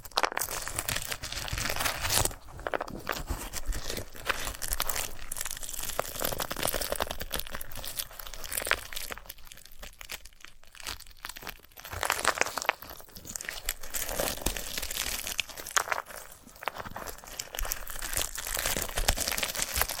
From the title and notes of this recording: ASMR of a Sunflower Head (No Talking).